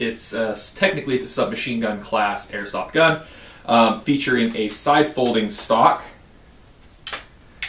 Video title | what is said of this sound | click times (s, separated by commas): ASG CZ EVO 3A1 Scorpion Overview | locks in place and the stock is also adjustable for length of pull | 7.6 s